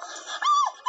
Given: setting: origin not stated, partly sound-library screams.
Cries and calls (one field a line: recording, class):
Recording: one-second piece from a danger detection set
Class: woman in danger